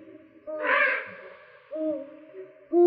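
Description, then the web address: Eurasian eagle-owl calling: deep tonal hoots with a brief harsh, raspy burst early on, a few notes in all, ending on a louder hoot. "Bubo bubo"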